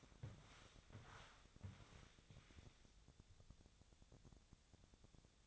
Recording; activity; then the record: daily activity, microphone in the room; walk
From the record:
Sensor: 3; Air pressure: 1000.5 hPa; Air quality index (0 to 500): 168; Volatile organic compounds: 3 ppm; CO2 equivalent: 1468 ppm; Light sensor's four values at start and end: 16/41/16/18 and 16/41/16/18